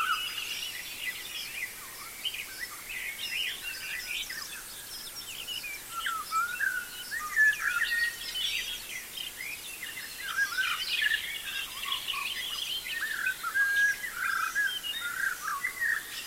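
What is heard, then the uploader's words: Birds sing continuously, many voices overlapping into a busy, bright chorus of chirps, trills and whistles. The calls stay dense throughout, growing slightly louder and more active after the middle, over a faint hush with no low sounds. Birds Singing.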